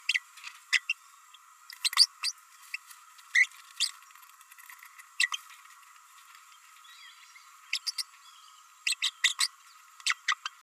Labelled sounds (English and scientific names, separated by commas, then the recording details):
Green-rumped Parrotlet (Forpus passerinus) babbling
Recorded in a nest box in Venezuela
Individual 18B104A5